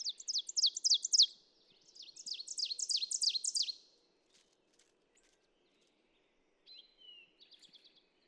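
Ovenbird giving two songs of fast repeated slurred phrases, with a faint low hum in the background and a few other bird notes afterward.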